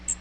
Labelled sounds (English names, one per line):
Magnolia Warbler flight call